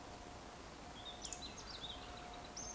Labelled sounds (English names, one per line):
Eurasian Woodcock whistle